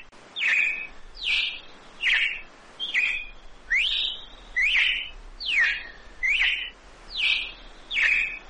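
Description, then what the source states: Red-cowled cardinal song: loud clear whistled phrases with quick sweeping notes, repeated rhythmically about once a second. Female singing.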